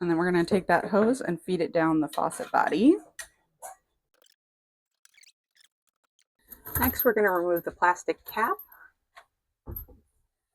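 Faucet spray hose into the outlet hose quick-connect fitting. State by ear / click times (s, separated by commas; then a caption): seated / 9.8 s. A faucet's pull-down spray hose has its plastic cap removed, and the hose end is pushed into the outlet hose quick-connect fitting. Someone talks, then after quiet faint handling sounds a sharp click is heard at 9.8 s as the hose latches and seats.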